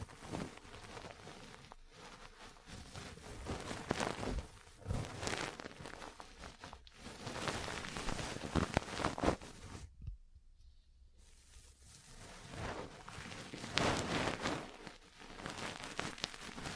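Ear cleaning and massage sounds: dense, crackly rustling and scratching that swells and fades, broken by sharp irregular taps every second or so. The texture is bright and rain-like throughout, with a brief near-silent pause around ten seconds before the rubbing resumes.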